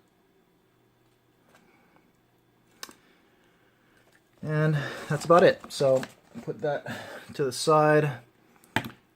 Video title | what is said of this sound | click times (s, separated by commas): Samsung Gear S3 Frontier Unboxing | in the watch here so it's a bit magnetic so it snaps right into that cradle there you | 8.8 s